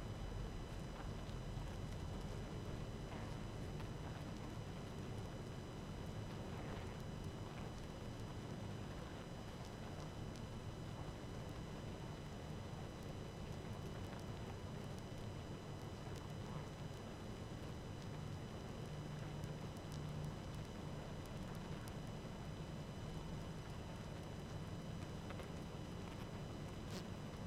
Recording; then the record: honeybee colony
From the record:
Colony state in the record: active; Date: 12 June 2018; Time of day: 18:41